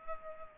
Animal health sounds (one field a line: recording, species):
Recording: mosquito wingbeat signal from an infrared sensor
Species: Culex pipiens